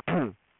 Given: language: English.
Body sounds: throat vibration sensor signal played as sound; throat clearing

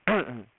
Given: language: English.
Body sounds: throat vibration sensor signal played as sound; throat clearing

